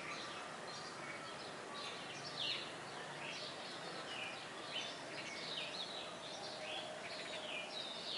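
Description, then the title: Red-cowled cardinal: faint, downslurred whistled notes scattered throughout, over a steady background hiss. Female singing, Fortaleza-CE. "Canto Galo Campina Fêmea. Galo de Campina Fortaleza-CE"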